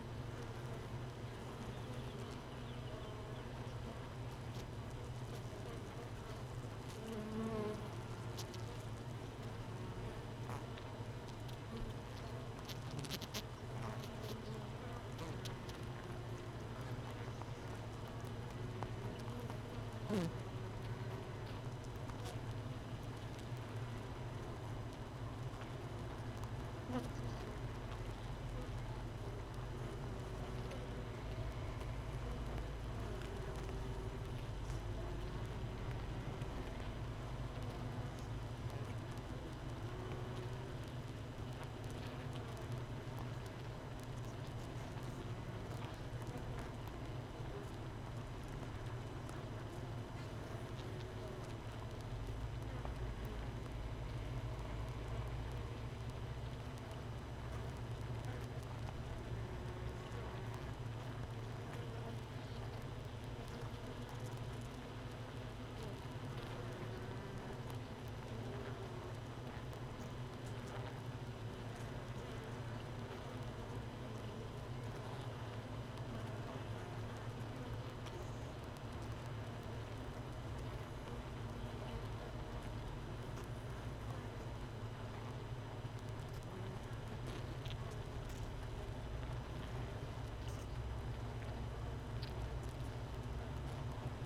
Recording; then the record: honeybee colony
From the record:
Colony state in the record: missing queen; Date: 31 May 2018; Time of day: 15:03